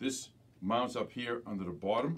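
A plastic dirty-water container is being handled and positioned to mount up under the bottom of a cordless portable carpet spot cleaner while someone talks. Nothing has seated or clicked yet in this clip.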